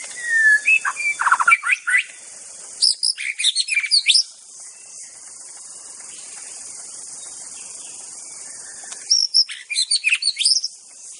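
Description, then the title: White-rumped shama singing in short bursts of rapid, tumbling whistled and chirping notes, separated by pauses filled with a constant high background hiss. Wild bird from the forest. "Murai2. Suara burung murai batu asli hutan"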